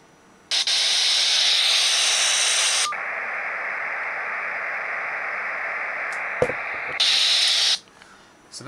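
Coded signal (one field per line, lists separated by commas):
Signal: digital voice data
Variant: APCO Project 25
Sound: harsh hissing static, then a rough buzzy digital rasp, then static again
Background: radio static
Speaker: There'll be some static and then you'll hear the distinctive P25 sound.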